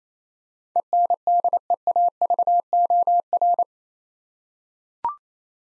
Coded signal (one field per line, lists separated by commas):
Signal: Morse code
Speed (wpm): 28 wpm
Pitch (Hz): 700 Hz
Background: none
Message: ENDEAVOR